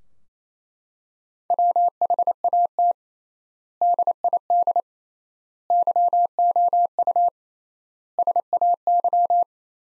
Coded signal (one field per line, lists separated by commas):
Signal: Morse code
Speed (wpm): 28 wpm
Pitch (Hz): 700 Hz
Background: none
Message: WHAT DID YOU SAY